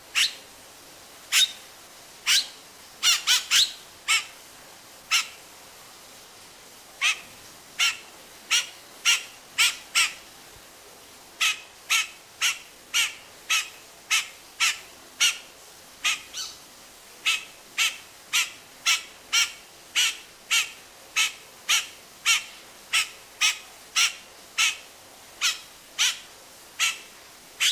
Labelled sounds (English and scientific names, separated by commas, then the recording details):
Yellow-rumped Cacique (Cacicus cela) call
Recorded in captivity
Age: adult
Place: Zoo Berlin, Berlin, DE
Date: 1997-11-15 11:48
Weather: overcast, light rain shower, 5°C
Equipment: Nagra SN, Kopie Uher 4000 Report Monitor
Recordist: Tembrock, Günter